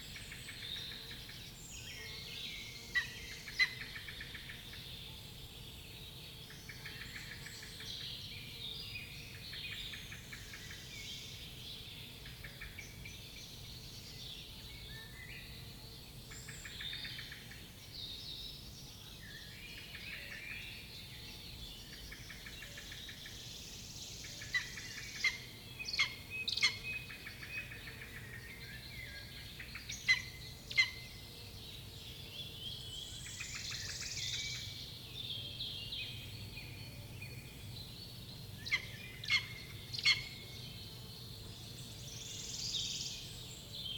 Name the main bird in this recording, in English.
Lesser Spotted Eagle